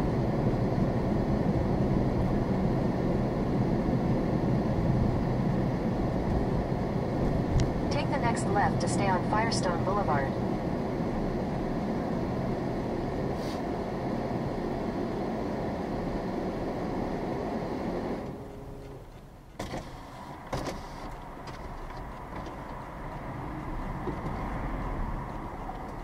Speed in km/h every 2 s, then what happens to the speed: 40, 39, 34, 31, 27, 19, 13, 6, 8, 3, 3, 8, 11.
0-21 slows to 3. 21-24 speeds up to 11.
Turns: none.